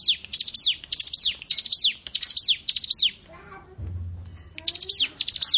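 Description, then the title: Plain prinia song: quick clusters of piercing falling chirps, a pause, then another fast burst of the same notes. "Ciblek Sawah"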